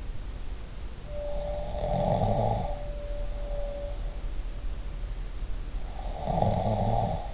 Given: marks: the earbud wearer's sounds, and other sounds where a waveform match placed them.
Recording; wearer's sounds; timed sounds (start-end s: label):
sounds in sleep by an in-ear microphone; snoring breath
1.04-2.86 s: snoring breath
6.18-7.34 s: snoring breath
7.03-7.34 s: sound from someone else or the room